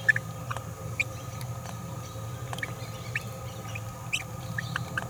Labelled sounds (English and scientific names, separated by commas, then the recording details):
Green-rumped Parrotlet (Forpus passerinus) babbling
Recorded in a nest box in Venezuela
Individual 18B17A4